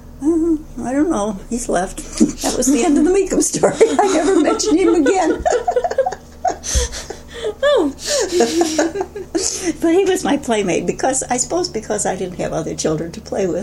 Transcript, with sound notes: “Oh, I don't know, he's left.” And that was the end of the Meecum story and I never mentioned him again [laughter] but he was my playmate. I supposed because I didn't have other children to play with.